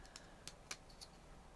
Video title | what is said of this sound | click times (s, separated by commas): Makeblock Ultimate Robot Kit Part 1 : Step by Step Assembly Robot of Aram Tank | Setzen Sie einfach die Niete hier ein und drücken Sie sie, damit sie einrastet und nach außen herauskommt | 0.7 s